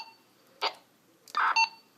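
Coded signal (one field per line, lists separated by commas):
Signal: radio ID data burst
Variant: MDC-1200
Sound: key-up click, then a brief buzzy data burst with faint steady tones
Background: radio squelch noise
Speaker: I also have it set as the MDC is a pre-tone. As you can see, it will pre-up on a channel.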